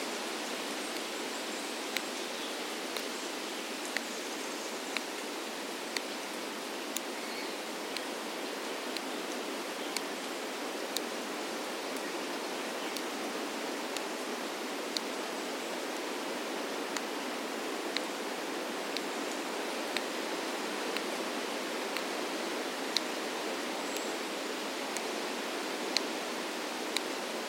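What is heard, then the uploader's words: Snapping twigs tick like a clock, sharp dry clicks landing about once a second against a woodland backdrop. Behind them runs a constant dense hiss, like rushing water or wind through trees, bright and even, with no deep low sound. Accompanied by the sound of a ticking clock, created by breaking the twigs of trees killed by climate change. A soundscape of ancient woodlands, recorded throughout the year. Accompanied by the sound of a ticking clock, created by breaking the twigs of trees.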